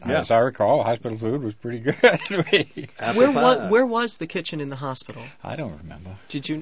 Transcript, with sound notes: ...as I recall the hospital food was pretty good. (he laughs)
Where was, where was the kitchen in the hospital.
I don't remember.
Did you...